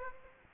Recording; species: mosquito wingbeat signal from an infrared sensor; Aedes aegypti